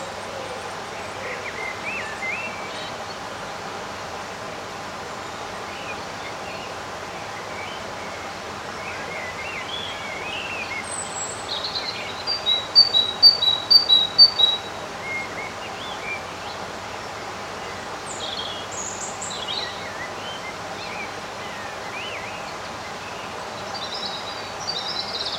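Birds sing in short, scattered phrases over a steady low hum that runs the whole time. Bright chirps and whistles come every few seconds, with a quick run of sharp repeated notes around the middle that stands out as the loudest moment.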